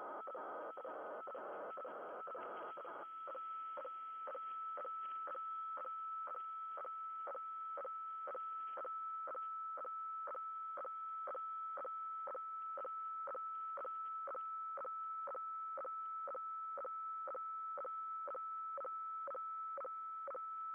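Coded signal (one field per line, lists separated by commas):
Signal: weather fax (radiofax)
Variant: 120 lines per minute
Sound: steady whistle-like tone interrupted by short rasping clicks, two per second, over hiss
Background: radio static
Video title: 8503 KHZ WEFAX Using MultiPsk and Winradio Excalibur Pro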